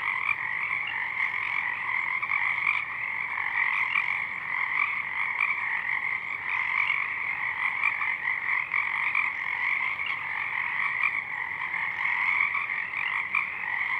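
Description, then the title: Pacific chorus frogs in a steady, dense chorus of overlapping croaks, a continuous raspy drone. Many frogs in full chorus at dusk; downmixed to stereo from a double mid-side recording, with a parabolic track also made. "Pacific Chorus Frogs (Pseudacris regilla), dusk"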